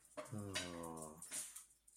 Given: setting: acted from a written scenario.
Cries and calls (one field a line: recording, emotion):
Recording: vocal sound without words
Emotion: adoration